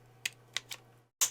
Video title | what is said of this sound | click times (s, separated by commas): HDZero Goggle // Future Proof FPV // How Much More Can IT DO!! | kind of clicks into place, stays right there. | 0.3 s, 0.6 s